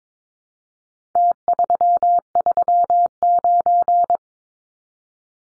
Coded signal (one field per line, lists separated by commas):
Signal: Morse code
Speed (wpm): 22 wpm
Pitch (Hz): 700 Hz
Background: none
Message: T339